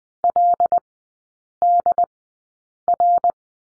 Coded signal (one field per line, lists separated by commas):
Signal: Morse code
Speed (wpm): 20 wpm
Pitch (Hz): 700 Hz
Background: none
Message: LDR